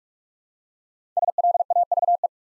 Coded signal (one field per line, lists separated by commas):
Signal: Morse code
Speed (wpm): 44 wpm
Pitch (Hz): 700 Hz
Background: none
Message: SLAVE